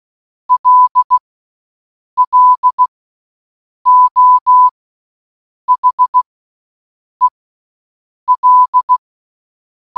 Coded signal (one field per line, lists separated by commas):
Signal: Morse code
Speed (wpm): 16 wpm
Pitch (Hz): 1000 Hz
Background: none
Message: LLO HEL